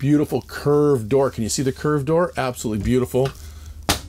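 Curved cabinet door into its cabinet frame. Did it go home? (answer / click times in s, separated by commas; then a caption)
yes / 3.9 s. Someone talks, then a curved upper cabinet door with optional white Fenix finish on European hidden hinges in the galley of a 2024 Wonder Rear Twin Bed motorhome is closed into its cabinet frame. It shuts with a sharp knock at 3.9 s, latching and locking in place with a soft close.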